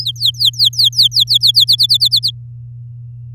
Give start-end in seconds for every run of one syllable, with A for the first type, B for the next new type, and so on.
0.00-1.65 A, 1.67-2.31 B